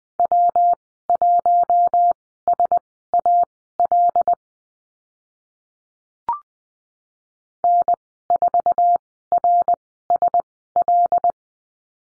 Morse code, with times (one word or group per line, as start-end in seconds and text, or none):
0.2-4.3 W1SAL
7.6-11.3 N4RSL